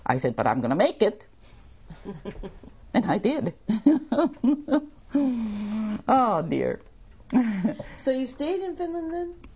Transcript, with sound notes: I said but I'm gonna make it. (laughs) And I did. (laughs) Oh dear.
So you stayed in Finland then?